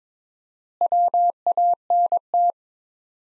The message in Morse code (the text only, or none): WANT